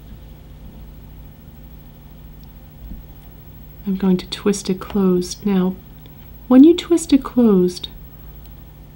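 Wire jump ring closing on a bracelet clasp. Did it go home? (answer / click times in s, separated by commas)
yes / 8.5 s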